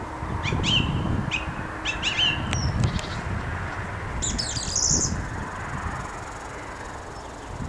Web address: Song Thrush Sings Song Thrush